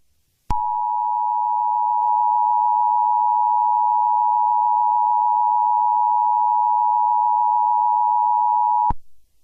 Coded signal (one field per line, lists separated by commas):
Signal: Emergency Alert System (SAME) tones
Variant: 853 and 960 Hz attention tone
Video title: EAS Scenario #12: Scorpius Rex Rampage